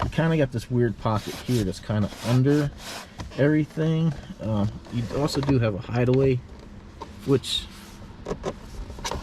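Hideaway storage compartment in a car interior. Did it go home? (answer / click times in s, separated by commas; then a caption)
no / none. A hideaway storage compartment in the center area of a 2021 Toyota Camry interior is handled while someone talks, with soft rubbing and handling sounds under the voice. Nothing has seated or clicked yet.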